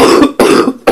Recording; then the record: coughing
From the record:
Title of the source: Coughing 77